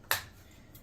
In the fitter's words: So you pop one off, turn it around, pop it back in, snaps back in, and now your tank treads are hidden, and it matches the front